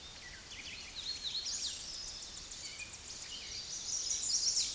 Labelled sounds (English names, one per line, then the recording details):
Hooded Warbler song
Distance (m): 45 m
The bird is about 15 m above the microphone
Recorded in a Pennsylvania forest on 16 May 2024 at 09:56
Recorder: AudioMoth, point MSD-1405
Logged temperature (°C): 15.6 °C
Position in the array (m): 150 m, 147 m